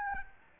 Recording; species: mosquito wingbeat signal from an infrared sensor; Aedes albopictus